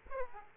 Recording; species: mosquito wingbeat signal from an infrared sensor; Aedes aegypti